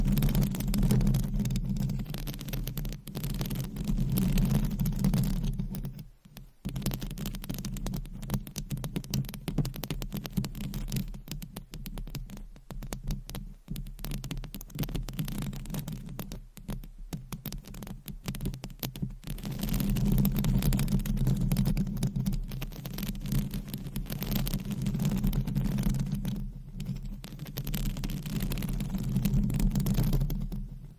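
Nails scratching across a microphone and its covers make a dense, rapid, rasping texture with a heavy low rumble underneath. Brief gaps break the scratching near 6, 17, 19 and 27 seconds, and the sound is fullest at the start and in the final ten seconds.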